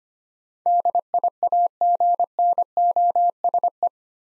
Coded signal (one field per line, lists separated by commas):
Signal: Morse code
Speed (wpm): 25 wpm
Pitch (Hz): 700 Hz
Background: none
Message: DIAGNOSE